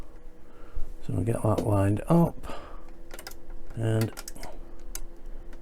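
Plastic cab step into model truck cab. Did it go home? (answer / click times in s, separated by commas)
yes / 5.0 s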